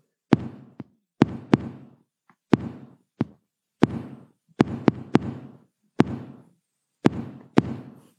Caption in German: Der AV-Knoten kann von diesen völlig chaotischen und ungeordneten Schlägen aus den Vorhöfen immer mal nur einen rüberlassen. Total unregelmäßig, ungeordnet. Vorhofflimmern, ungeordneter Rhythmus.